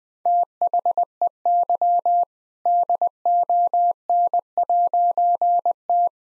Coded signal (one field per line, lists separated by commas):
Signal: Morse code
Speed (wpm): 20 wpm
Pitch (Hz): 700 Hz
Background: none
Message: THEY DON'T